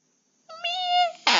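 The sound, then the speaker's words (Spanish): A single drawn-out meow, voiced by a person imitating a cat, with a steady, slightly rising pitch, ending abruptly in a short burst of harsh, breathy noise. “¡Miau! ¡Órale!”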